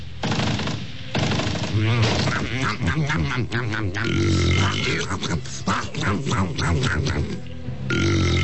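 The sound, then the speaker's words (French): A long run of loud, croaky burps after a meal, low and gurgling, rolling almost without a break for several seconds with brief catches between them. “Pardon. C'est bon, mais c'est bizarre, ça avait un goût de poulet.”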